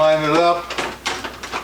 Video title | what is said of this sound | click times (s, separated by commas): 18K BTU MR COOL MINI-SPLIT | and just slip it in and it just snaps right in | 1.4 s